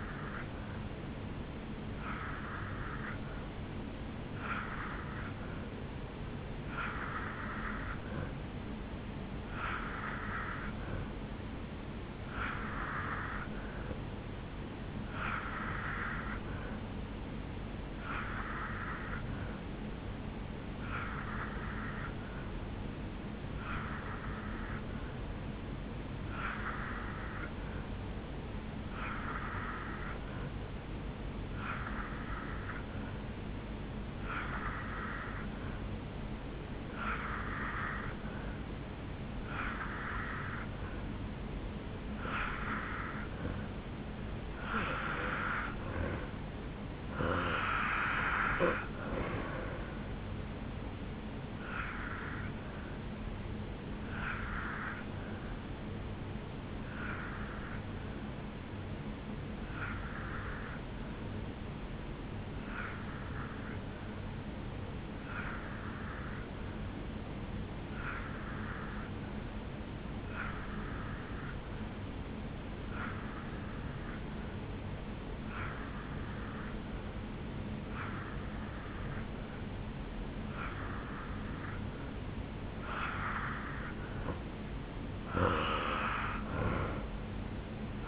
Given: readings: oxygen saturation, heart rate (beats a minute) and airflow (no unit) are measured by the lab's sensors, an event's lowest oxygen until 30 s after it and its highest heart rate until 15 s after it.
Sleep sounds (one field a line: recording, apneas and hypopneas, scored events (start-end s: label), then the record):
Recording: breathing in sleep by a voice recorder at the bedside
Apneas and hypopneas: 1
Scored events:
56.00-82.40 s: hypopnea (N2, oxygen 93% highest, then 85% lowest, heart rate 72 at the start, 77 highest)
From the record:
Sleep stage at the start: N2 (light sleep)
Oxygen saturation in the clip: 84 to 93%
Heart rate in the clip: 66 to 78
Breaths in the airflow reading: 24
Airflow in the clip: -5.5 to 2.7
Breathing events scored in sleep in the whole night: 449 in 7.0 hours asleep